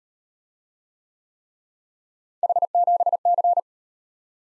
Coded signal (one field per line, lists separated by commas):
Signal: Morse code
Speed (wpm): 34 wpm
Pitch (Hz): 700 Hz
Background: none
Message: H7C